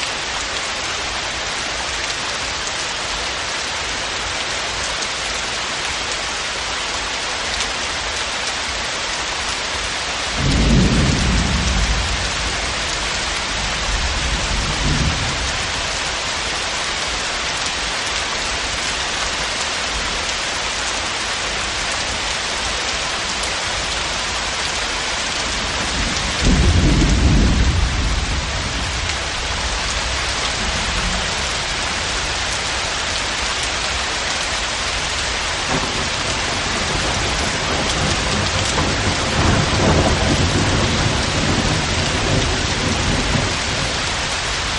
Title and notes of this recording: Mellow Thunder Echoes. The soothing sounds of a distant thunderstorm